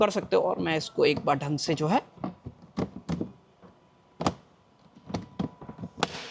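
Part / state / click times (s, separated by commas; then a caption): storage compartment lid into an SUV boot floor / seated / 6.0 s. Someone talks for the first two seconds, then a series of light thunks and taps follows as the plastic lid of the hidden storage compartment in the boot floor of a 2026 VinFast VF6 Wind Infinity SUV is closed properly. The loudest sharp hit at 6.0 s is the lid locking shut.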